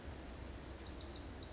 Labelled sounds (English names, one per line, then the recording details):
Wilson's Warbler
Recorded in Sonoma County, California